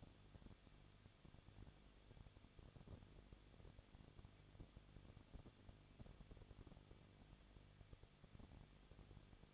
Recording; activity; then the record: daily activity, microphone in the room; no activity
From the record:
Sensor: 4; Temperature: 23.0 degrees Celsius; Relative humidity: 34.3%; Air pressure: 1007.3 hPa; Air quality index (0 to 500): 217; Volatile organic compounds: 15 ppm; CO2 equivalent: 2515 ppm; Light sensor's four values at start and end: 2/3/1/1 and 2/3/1/1